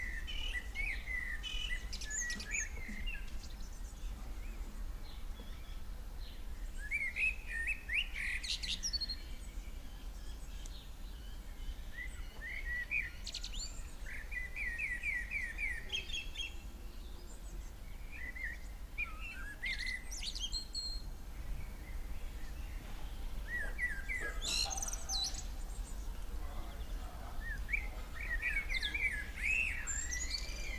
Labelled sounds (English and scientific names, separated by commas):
Common Blackbird (Turdus merula) song